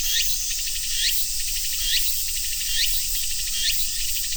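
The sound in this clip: High, even cicada drone with brief rising chirps and pulsing bursts returning about every second.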